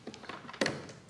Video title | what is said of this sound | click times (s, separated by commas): मतदान दिवस पर मॉक पोल करना, Conducting Mock poll | क्लिक की आएगी, डबल क्लिक की आवाज़ आएगी। इसका मतलब ये लग गया, बैलेट यूनिट | 0.6 s, 0.7 s